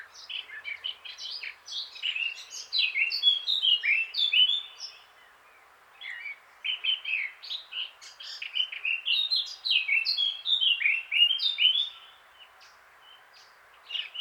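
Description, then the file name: Eurasian blackcap delivering long, hurried warbling phrases of mixed scratchy and fluted notes, with brief gaps between phrases. "Sylvia atricapilla"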